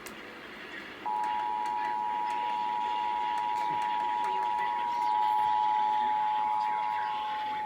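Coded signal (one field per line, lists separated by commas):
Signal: Emergency Alert System (SAME) tones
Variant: 853 and 960 Hz attention tone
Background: speech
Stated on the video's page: Real Required Weekly Test recorded from a New York TV station.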